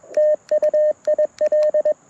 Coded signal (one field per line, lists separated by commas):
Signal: Morse code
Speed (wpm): 21 wpm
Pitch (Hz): 1800 Hz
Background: radio noise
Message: TU IL